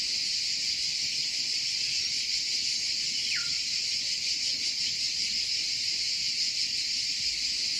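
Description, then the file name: Cicada song, a constant high-pitched buzzing drone, crossed once by a short falling whistle. "CICALE"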